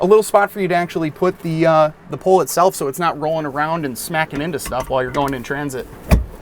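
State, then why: Not seated. Someone talks while placing a loose pole into its dedicated storage holder in the cabinetry of a 2021 Grech RV Strada Class B motorhome, so it won't roll around and hit things in transit. A short broadband knock is heard near 6.1 s, but the pole has not seated or locked into place yet when the clip ends.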